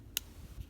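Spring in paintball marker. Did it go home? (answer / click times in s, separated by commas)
yes / 0.2 s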